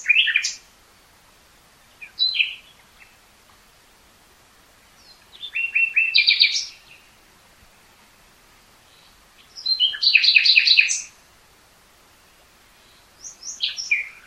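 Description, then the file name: Common nightingale song: short bursts of rapid chirping notes repeated every few seconds, with quiet pauses between phrases. "Luscinia megarhynchos"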